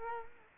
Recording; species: mosquito wingbeat signal from an infrared sensor; Culex quinquefasciatus